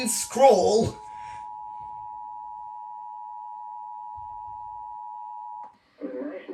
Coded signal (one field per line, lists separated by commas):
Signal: Emergency Alert System (SAME) tones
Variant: 853 and 960 Hz attention tone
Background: speech